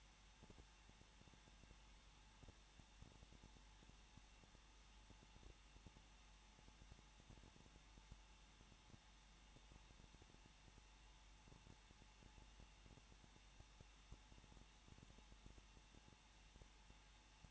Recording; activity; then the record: daily activity, microphone in the room; no activity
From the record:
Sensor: 1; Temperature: 20.1 degrees Celsius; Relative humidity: 39.4%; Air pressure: 1006.4 hPa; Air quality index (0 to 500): 219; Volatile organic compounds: 81 ppm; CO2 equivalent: 3617 ppm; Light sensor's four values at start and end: 1/2/1/1 and 1/2/1/1